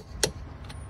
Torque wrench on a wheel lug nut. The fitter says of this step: can tighten your lug nut, until it clicks, and that means your tires are tight and the lug nuts aren't gonna go flying off.